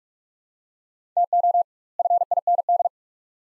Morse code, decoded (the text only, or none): TO FIND